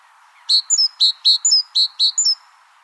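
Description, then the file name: Great tit calling in a rapid run of about eight notes, crisp chips mixed with thin falling whistles, then the sequence stops. "Parus major"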